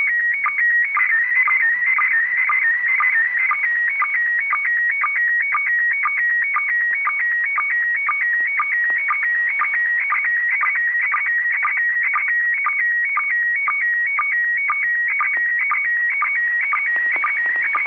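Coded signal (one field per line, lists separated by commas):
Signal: SSTV (slow-scan television)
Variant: PD 120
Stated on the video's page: ISS SSTV on 145.800 MHz received at 30° elevation with Uniden Bearcat BCT15X and 2m/70cm dipole.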